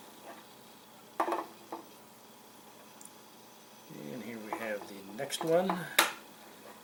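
A small plastic vision sensor lens cover is hooked in by its tab and pushed down onto a Phantom 4 Pro drone body, snapping into place with a sharp click at 1.2 s. A few softer taps follow, and then someone talks.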